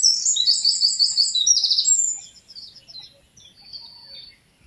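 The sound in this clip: Eurasian wren song ending: two seconds of loud, high rattling trills, then scattered faint high notes fade away.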